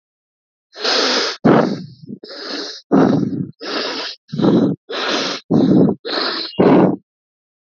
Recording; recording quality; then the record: deep breathing; excellent, no background noise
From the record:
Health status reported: exposed to COVID-19, no respiratory illness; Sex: male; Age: 30 years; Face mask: worn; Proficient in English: yes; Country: India